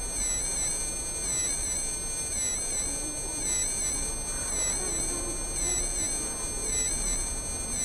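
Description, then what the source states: Mosquito wing buzz, slowed, a steady droning hum with stacked bright overtones that waver and bend together throughout, over a low background rumble. Played at half speed.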